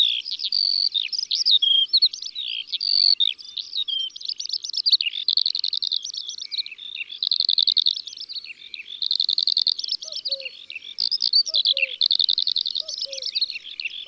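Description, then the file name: Eurasian skylark song, sustained and rapid, high warbles alternating with dense buzzy trills; a faint lower paired note enters near the end. In the countryside. "Alouette des champs Chants d'oiseaux dans la campagne"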